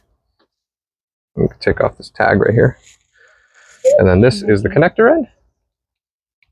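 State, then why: Seated. Someone talks, then a crimped wire contact pin is pushed into the plastic housing of a solar MC4 connector. A short, sharp click is heard at 6.4 s as the pin locks in place and seats in the housing.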